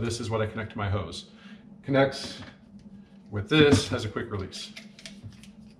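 Someone talks while snapping the plastic garden hose quick-release coupling from a Chemical Guys car wash kit onto the hose nozzle fitting. A sharp snap at 5.1 s marks the coupling seating in place, followed by a few faint ticks.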